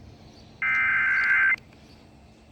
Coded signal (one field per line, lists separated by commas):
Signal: Emergency Alert System (SAME) tones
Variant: header bursts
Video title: Ohio Severe Weather Event (EAS #1652-1662)